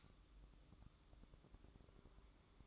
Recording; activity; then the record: daily activity, microphone in the room; light on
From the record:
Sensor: 3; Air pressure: 1007.8 hPa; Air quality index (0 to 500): 94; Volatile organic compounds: 1 ppm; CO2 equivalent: 794 ppm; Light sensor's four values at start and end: 11/26/11/11 and 18/50/21/19